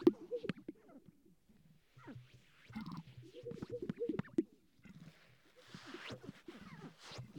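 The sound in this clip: Sage-grouse display: popping gulps with soft cooing and swishing sounds, loudest at the start and around four seconds.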